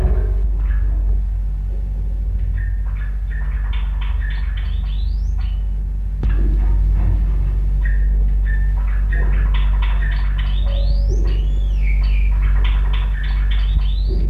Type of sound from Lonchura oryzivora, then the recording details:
call. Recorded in captivity. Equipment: Halbspur, 9,5 cm/s. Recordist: Lütgens, Hans